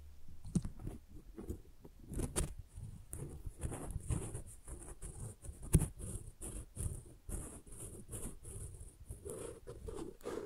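Flowers being handled with soft, irregular crinkles and taps, a bright hissy rustle running through most of it, and one sharp click near six seconds.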